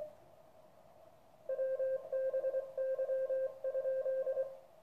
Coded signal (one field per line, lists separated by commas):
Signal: Morse code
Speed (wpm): 24 wpm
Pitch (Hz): 1600 Hz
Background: radio noise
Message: WBY?